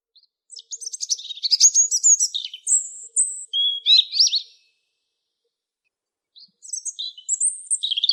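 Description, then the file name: European robin singing two high, tinkling phrases of quick twittering notes and clear whistles, separated by a pause of about two seconds. "Зарянка -Голос"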